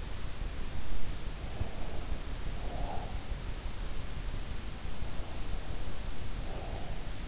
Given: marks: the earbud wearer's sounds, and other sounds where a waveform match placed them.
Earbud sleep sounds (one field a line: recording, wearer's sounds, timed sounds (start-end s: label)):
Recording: sounds in sleep by an in-ear microphone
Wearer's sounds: breath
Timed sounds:
1.31-3.11 s: breath
6.09-7.28 s: breath